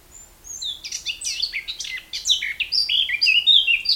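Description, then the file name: Eurasian blackcap song, a busy scratchy chatter that flows into brighter, whistled warbling notes, growing louder toward the end. "Sylvia atricapilla"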